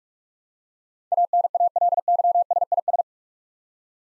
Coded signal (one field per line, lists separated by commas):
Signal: Morse code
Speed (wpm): 42 wpm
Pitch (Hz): 700 Hz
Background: none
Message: ANALYSIS